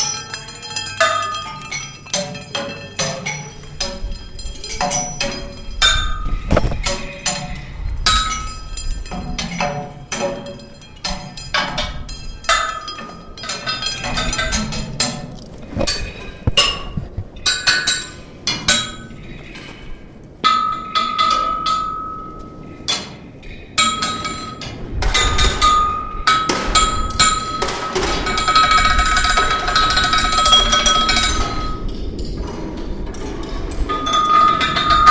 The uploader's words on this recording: Belle Isle Hydroelectric Transformer Building. Making sound with metal rods on vertical cement dividers inside a hydroelectric transformer building on Belle Isle, Richmond, VA.